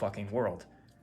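Rifle cartridges are being handled for thumbing down into the box magazine of a Lee Enfield rifle against the magazine spring, to lock under the lips. Someone talks briefly, then only faint low background noise remains. Nothing has seated or clicked yet.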